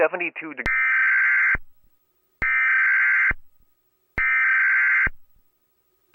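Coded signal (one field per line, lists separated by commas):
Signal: Emergency Alert System (SAME) tones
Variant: header bursts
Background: speech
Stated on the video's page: Fictional EAS scenario about a UFO event.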